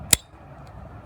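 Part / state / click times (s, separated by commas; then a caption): turn signal bulb into its lamp socket / seated / 0.1 s. A replacement turn signal bulb is pushed into its plastic socket housing in the lamp and snaps into place. One sharp, loud, very short click is heard at 0.1 s, followed by quiet low background noise. The bulb is seated.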